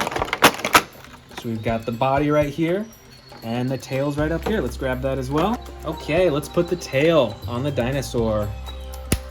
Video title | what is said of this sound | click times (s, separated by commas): ULTIMATE Jurassic World Fallen Kingdom, Dominion Dinosaur Collection! NEW TREX, I REX, Raptors Haul | Clicks right in. | 9.1 s